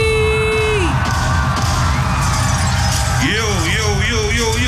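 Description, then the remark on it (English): A festival crowd at Glastonbury roars with steady, loud cheering as a Radio 1 DJ from Sheffield and his MC are welcomed on stage, a long held whoop rising above it at first, then wavering, warbling yells sliding up and down over the din. “please, can you give a big skanky, skanky welcome for Sheffield's finest,”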